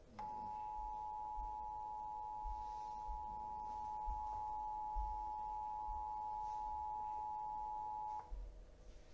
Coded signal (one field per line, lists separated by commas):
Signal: Emergency Alert System (SAME) tones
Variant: 853 and 960 Hz attention tone